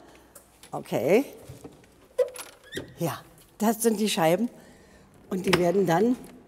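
Removable side window panes of a 100-year-old Hispano Suiza H6 Belvallette are handled by their storage holder in the car's hidden compartment while someone talks, with a few faint knocks and handling noises. The panes have not yet been pushed into the holder; nothing has seated or clicked yet.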